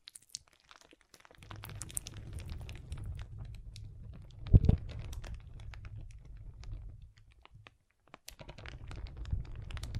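Water beads shift and rustle in dense, low rolling clusters, with fine bright clicks scattered throughout. The rumbling mass starts after a quiet opening, swells with a sharp knock near the middle, falls nearly silent around seven to eight seconds, then resumes.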